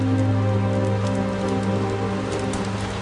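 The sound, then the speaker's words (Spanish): Steady rain pattering down in a continuous hiss, with scattered droplet ticks and a low, constant hum beneath. No one speaks. “La lluvia bajó de intensidad y eso hacía abrigar la esperanza de que al día siguiente Manuel pudiera sacar su jeep.”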